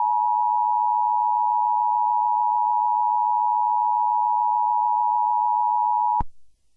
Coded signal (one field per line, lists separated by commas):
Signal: Emergency Alert System (SAME) tones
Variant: 853 and 960 Hz attention tone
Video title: [OLD] EAS Scenario #1: Here Come The Undead!